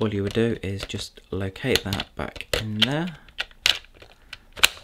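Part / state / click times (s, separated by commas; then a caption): cyclone/bin assembly into cordless vacuum body / seated / 3.7 s, 4.6 s. Someone talks while refitting the removed plastic cyclone/bin assembly of a Dyson V8 Animal+ cordless stick vacuum, locating it back onto the vacuum body and pushing it home. Sharp clicks are heard at 3.7 s and 4.6 s as the assembly clicks back into place and is seated.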